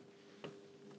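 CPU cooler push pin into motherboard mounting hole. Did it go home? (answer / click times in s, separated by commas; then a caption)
no / none. A plastic push pin of a CPU fan cooler is being pressed into a motherboard mounting hole, with a short sharp transient at about 0.4 s over a steady low hum. The clip ends before the pin goes home, so nothing has seated or clicked yet.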